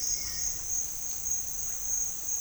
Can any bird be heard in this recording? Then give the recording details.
no. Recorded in pastures near Puerto Asís, Putumayo, Colombia, on 25 June 2025 at 13:30. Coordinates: 0.466, -76.322. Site GP07